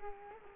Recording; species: mosquito wingbeat signal from an infrared sensor; Culex quinquefasciatus